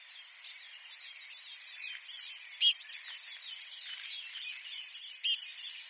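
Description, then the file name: Eurasian blue tit giving two short bursts of sharp, very high notes a few seconds apart, over a constant background of faint, busy chirps. "Cyanistes caeruleus"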